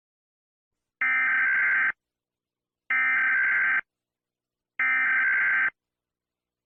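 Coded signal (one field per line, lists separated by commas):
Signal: Emergency Alert System (SAME) tones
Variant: header bursts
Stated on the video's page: Fictional EAS scenario made for entertainment, not a real alert.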